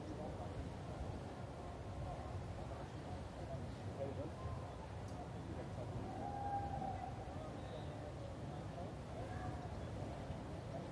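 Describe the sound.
People pass by amid a steady murmur of overlapping conversation, voices blending into a dense, even hum that holds level throughout. Brief brighter tones surface now and then, around six to seven seconds and near nine, over a low rumble underneath.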